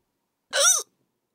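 A single short voiced gulp lasting about a third of a second, with an abrupt onset and a brief rising-then-falling vocal sound: a hiccup from an adult woman, a sudden involuntary spasm of the diaphragm closing the throat.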